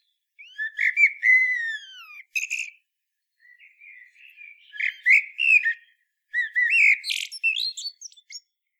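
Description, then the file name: Common blackbird song: a long flute-like descending whistle, then scratchy twittering and further rich warbled phrases closing in high squeaks. "Turdus merula"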